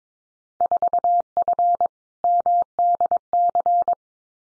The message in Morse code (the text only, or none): 4F MDC